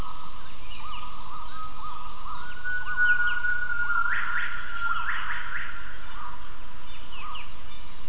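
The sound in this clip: Gibbon calls: a series of rising whooping notes in quick bursts, with constant loud background noise.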